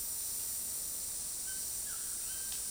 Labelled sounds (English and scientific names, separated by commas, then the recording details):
White-throated Toucan (Ramphastos tucanus)
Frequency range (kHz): White-throated Toucan (Ramphastos tucanus) 0.8-3.8 kHz
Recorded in secondary vegetation near Puerto Asís, Putumayo, Colombia, on 19 February 2024 at 11:00
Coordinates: 0.468, -76.324
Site G6381